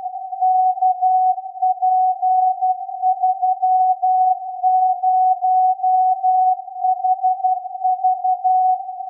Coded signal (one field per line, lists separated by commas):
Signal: Morse code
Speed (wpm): 11 wpm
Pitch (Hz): 740 Hz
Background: none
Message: KP30HV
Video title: OH5SHF 50.033 Mhz Beacon